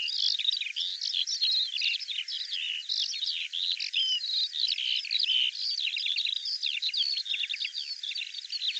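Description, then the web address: Bird song: a fast, varied stream of high clipped chirps and short whistles running on continuously. Audio cleaned and normalized. "cianscape birddata Deverinetal 2025 File cleaned normalized Bird"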